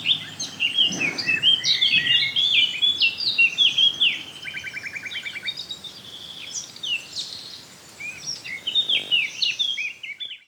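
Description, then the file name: Eurasian blackcap song: a rapid, varied warbling of high chirps and slurred notes, with a buzzy trill in the middle. "Sylvia atricapilla"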